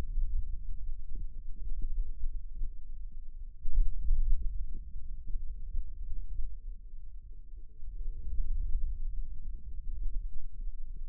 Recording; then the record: forearm muscle sounds (acoustic myography)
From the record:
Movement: hand opening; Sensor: system 2, bracelet of six BSWA MPA416 microphones around the upper forearm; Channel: 1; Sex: male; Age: 22 years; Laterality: right